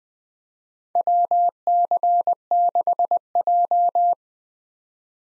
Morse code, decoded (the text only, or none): WC6J